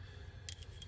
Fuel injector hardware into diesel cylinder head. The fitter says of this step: It's gonna seat. You'll hear it kind of pop into place.